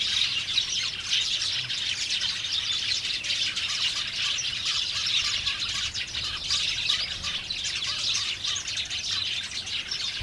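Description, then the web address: House sparrow flock giving a steady, busy stream of overlapping chirps and short tweets, unbroken from start to finish. A flock of house sparrows chirping briskly in cherry bushes. "house sparrows flock passer domesticus briskly chirping in the cherry bushes"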